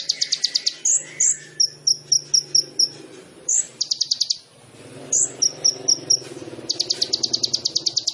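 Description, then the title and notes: Sunbird song mixing quick high trills with clusters of sharp high chips, over a faint low background hum. Indonesian masteran training recording of a gacor (actively singing) sunbird, full of isian (fills) and luxurious tembakan (bursts), suitable as pancingan to prompt other birds to sing. "MASTERAN KOLIBRI NINJA TERBAIK FULL ISIAN DAN TEMBAKAN MEWAH COCOK BUAT PANCINGAN. Suara Burung Kolibri Ninja Gacor"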